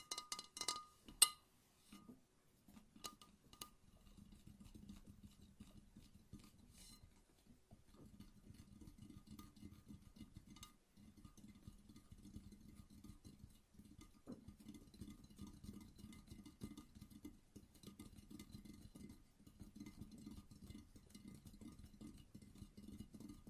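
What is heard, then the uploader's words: Tapping on a lava lamp: a few sharp glassy clicks in the first few seconds, one much louder than the rest. After that a dense, low, fluttering rumble runs steadily to the end, broken by brief gaps near seven and eleven seconds. ASMR No Talking Lava Lamp Tapping.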